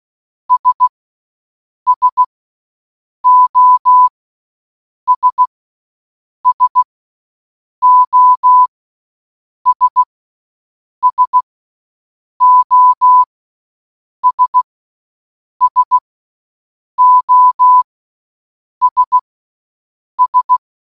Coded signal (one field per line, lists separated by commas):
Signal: Morse code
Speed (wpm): 16 wpm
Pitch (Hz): 1000 Hz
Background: none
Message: S SOS SOS SOS SOS S